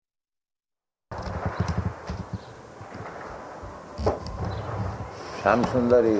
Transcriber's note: loud sounds of fireworks in background